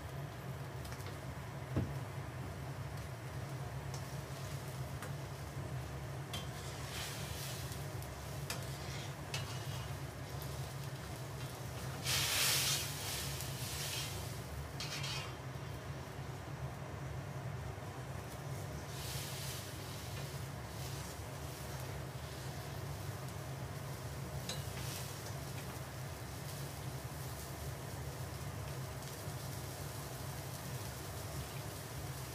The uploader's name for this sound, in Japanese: 煮物と包丁研ぎ